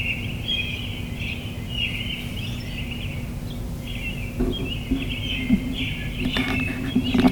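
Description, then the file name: Bird chirps repeat in short twittering phrases while low rumbling and scattered knocks and thumps grow louder toward the end. Recorded in the morning. "admiralbob 77-bird sounds in the morning"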